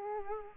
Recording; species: mosquito wingbeat signal from an infrared sensor; Culex quinquefasciatus